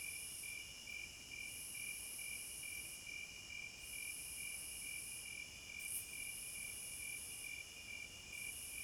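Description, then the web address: A dense cricket chorus, evenly pulsed high chirps about two per second beneath a piercing continuous trill that pauses briefly several times. Crickets at midnight. "Sleep Sounds of Nature CRICKETS Midnight Serenade"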